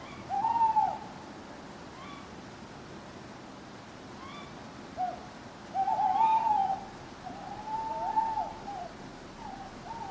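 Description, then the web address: Owls hooting, several wavering hoots spread throughout, over a constant hiss. Owls hooting in a churchyard at night; background ambience. "birds backgrounds churchyard night owls hooting clock strike"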